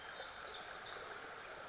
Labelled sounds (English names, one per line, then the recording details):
Pacific Wren
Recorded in Sonoma County, California